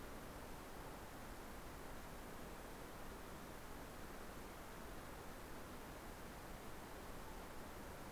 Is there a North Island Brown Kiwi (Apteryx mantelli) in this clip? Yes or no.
no